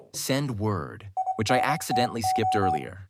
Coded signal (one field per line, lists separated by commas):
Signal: Morse code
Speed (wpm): 25 wpm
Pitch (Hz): 750 Hz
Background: speech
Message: INTO